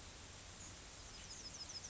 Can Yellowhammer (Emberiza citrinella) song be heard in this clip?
no